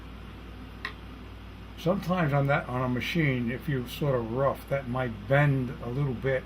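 On a Brother PE-770 embroidery machine, thread is pulled to the left behind a hook so it drops into the thread guide, and it seats with a short, sharp click at 0.9 s. Someone then talks over a steady low hum.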